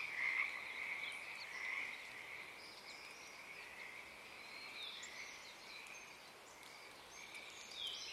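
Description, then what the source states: Pacific tree frog chorus, louder at first and then thinning into a softer steady croaking. Wild chorus starting and stopping, Oaks Bottom Wildlife Refuge, Portland, Oregon, USA, morning of Friday April 7 2023, uncommon at that time of day.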